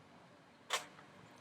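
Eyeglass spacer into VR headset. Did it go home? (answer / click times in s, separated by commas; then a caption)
yes / 0.7 s. An eyeglass spacer is lined up and pushed into a VR headset until it clicks. A single short, sharp click is heard at 0.7 s against a quiet background, confirming the spacer is properly seated in place.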